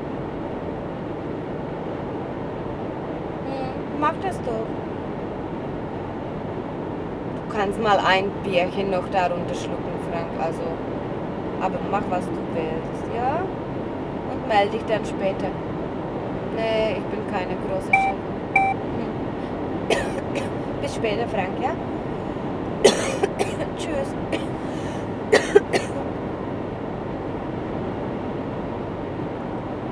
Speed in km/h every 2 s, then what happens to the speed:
96, 96, 95, 97, 98, 100, 99, 100, 101, 102, 102, 102, 102, 102, 101.
0-30 steady at about 100.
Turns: none.